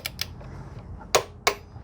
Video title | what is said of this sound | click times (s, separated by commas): How to Replace Motor Mount 2013 - 2016 Ford Escape: HOW TO ESCAPE | I'm going to pull till I hear the click. There we go, there's one. | 1.1 s, 1.5 s